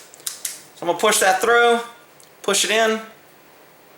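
During reassembly, a pin is pushed through a polymer pistol frame from one side so that it only has to click once. A few brief, sharp handling ticks are heard near the start, then someone talks. The pin has not clicked into place or seated yet.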